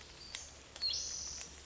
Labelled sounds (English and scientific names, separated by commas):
Western Flycatcher (Empidonax difficilis)